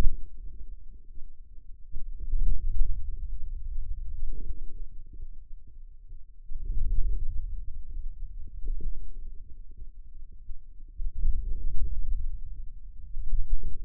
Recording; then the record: forearm muscle sounds (acoustic myography)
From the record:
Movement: hand closing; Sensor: system 2, bracelet of six BSWA MPA416 microphones around the upper forearm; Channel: 5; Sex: male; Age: 22 years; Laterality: right